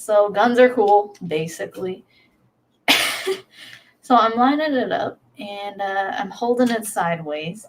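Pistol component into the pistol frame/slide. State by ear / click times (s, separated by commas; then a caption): not seated / none. A pistol component is lined up sideways to go into the pistol frame/slide during reassembly, while someone talks throughout. A short burst of broadband noise near 3.0 s sits between stretches of speech. Nothing has seated or clicked yet.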